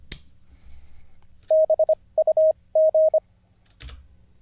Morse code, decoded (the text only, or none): BUG